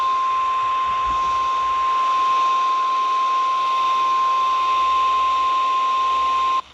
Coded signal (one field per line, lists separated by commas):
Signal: Emergency Alert System (SAME) tones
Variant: 853 and 960 Hz attention tone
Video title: You Want It? We Got It! EAS Alerts From July 15, 2022